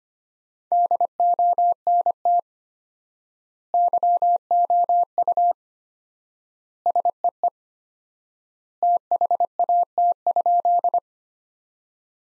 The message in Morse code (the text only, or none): DONT YOU SEE THAT?